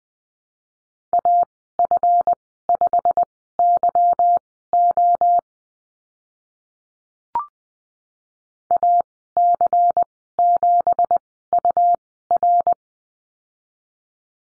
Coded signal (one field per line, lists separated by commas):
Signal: Morse code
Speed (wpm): 20 wpm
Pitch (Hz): 700 Hz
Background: none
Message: AF5YO AC7UR